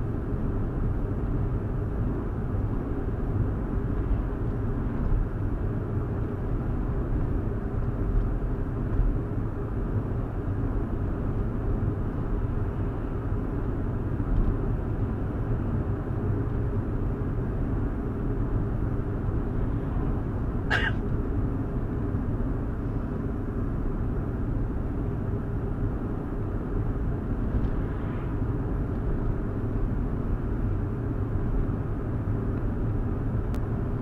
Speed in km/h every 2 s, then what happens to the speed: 69, 71, 69, 71, 71, 72, 72, 72, 72, 71, 71, 69, 68, 69, 71, 71, 71.
0-34 steady at about 71.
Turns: none.